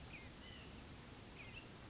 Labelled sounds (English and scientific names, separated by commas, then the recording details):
White-breasted Nuthatch (Sitta carolinensis)
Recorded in Sonoma County, California